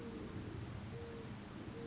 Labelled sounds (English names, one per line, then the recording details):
Mourning Dove
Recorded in Sonoma County, California